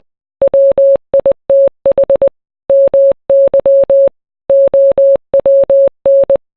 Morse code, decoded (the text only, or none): WITH MY OWN